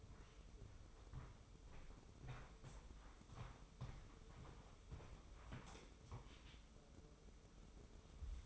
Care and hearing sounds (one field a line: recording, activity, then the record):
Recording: daily activity, microphone in the room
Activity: walk to room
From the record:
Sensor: 1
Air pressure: 995.6 hPa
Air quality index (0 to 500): 35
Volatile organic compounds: 1 ppm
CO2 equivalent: 614 ppm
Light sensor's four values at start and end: 30/105/40/42 and 29/102/39/40